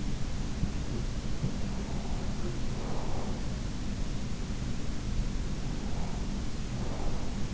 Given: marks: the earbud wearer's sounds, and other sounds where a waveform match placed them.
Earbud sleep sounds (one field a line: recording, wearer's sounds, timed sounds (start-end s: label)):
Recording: sounds in sleep by an in-ear microphone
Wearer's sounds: breath, body movement, swallowing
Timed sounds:
0.18-3.68 s: breath
2.64-6.36 s: body movement
5.19-5.92 s: swallowing
5.38-7.54 s: breath